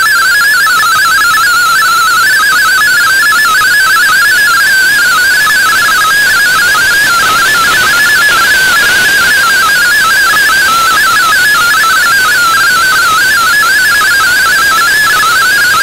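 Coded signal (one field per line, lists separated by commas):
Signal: multi-tone FSK (Olivia or MFSK type)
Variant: MFSK32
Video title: DigiDX digital MFSK32 broadcast on WRMI 15770Khz Shortwave Oct 9 2016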